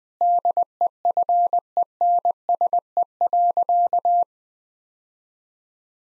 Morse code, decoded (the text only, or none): DEFENSE.